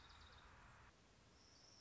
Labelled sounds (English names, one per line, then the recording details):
Orange-crowned Warbler
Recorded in Sonoma County, California